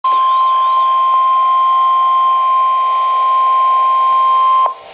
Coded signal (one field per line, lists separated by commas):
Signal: Emergency Alert System (SAME) tones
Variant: 1050 Hz attention tone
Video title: Flood Warning for Small Streams (EAS #884)